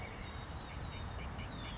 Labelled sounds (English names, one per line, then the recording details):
Western Flycatcher
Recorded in Sonoma County, California